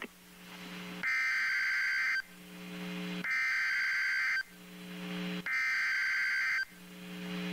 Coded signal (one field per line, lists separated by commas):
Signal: Emergency Alert System (SAME) tones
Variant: header bursts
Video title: EAS #1305 - Severe Thunderstorm Warning 11-5-2015